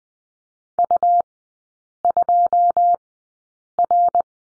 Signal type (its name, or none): Morse code